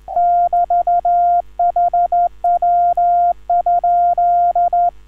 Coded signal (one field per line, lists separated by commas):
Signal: Morse code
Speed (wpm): 13 wpm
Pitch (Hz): 700 Hz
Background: none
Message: <BT>HW?